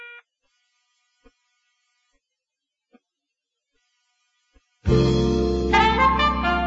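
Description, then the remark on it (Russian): Telephone receiver tones after a hang-up: a brief beep and a few soft clicks, then a loud, buzzy electronic tone that starts abruptly and holds steadily to the end. No one speaks. “В трубке загудели гудки.”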